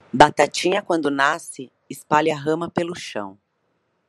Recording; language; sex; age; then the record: short text; Brazilian Portuguese; female; 30 to 39 years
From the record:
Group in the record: control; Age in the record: 39 years